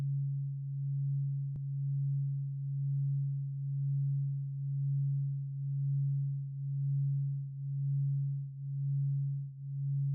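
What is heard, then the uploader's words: A binaural beat: a steady, pure low tone that hums without change for the whole ten seconds. Its loudness swells and dips in a slow, regular pulse about once a second. A single sharp click breaks in near 1.5 seconds. In this episode we are experimenting with bineural beat to get a deep sleep .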